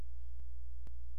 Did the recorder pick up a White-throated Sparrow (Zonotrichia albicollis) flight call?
no